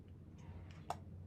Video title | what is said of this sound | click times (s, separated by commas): DJI Action 4 Unboxing, Bad SD Card? | you have to push it until it clicks | 0.9 s